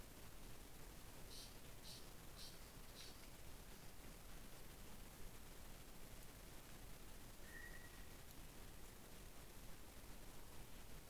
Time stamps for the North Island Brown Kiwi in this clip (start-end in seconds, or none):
none